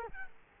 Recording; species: mosquito wingbeat signal from an infrared sensor; Culex quinquefasciatus